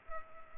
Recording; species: mosquito wingbeat signal from an infrared sensor; Culex pipiens